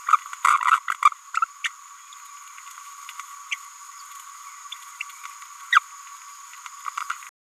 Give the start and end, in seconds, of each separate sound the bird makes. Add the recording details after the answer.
1.34-1.41, 3.51-3.56, 5.72-5.79, 7.00-7.03. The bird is a male. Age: 30 days. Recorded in a nest box in Venezuela. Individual 17B102A4